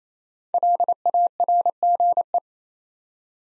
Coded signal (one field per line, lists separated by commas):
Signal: Morse code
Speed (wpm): 28 wpm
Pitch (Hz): 700 Hz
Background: none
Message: LARGE